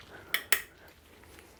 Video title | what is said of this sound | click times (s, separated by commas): How-To Rebuild a Classic Mini Cooper Remote Gearbox - Part 1 | you're gonna twist it and it'll kind of pop into place you'll hear it just | 0.3 s, 0.5 s